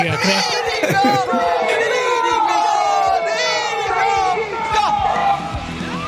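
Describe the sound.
A large crowd shouts together in a loud, dense roar of many overlapping voices, chanting the name "Tridico" in unison, sustained for several seconds with rising and falling yells.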